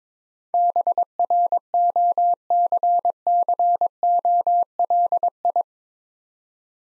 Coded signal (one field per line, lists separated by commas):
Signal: Morse code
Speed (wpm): 22 wpm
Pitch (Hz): 700 Hz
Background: none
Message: BROCCOLI